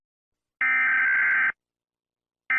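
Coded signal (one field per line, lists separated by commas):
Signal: Emergency Alert System (SAME) tones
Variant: header bursts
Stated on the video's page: Fictional EAS scenario.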